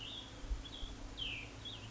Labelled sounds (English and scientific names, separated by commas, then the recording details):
Cassin's Vireo (Vireo cassinii)
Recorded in Sonoma County, California